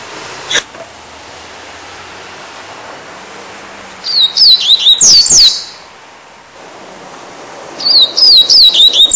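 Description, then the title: Double-collared Seedeater song, two quick bursts of high, sharp, down-slurred chirps run together, separated by a few seconds of quiet with faint background hiss. "Canto Coleiro"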